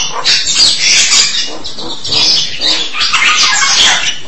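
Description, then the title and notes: Starling uttering rough, buzzy phrases in a few swelling bursts, with squeaky and wheezy notes between them. "suara burung jalak"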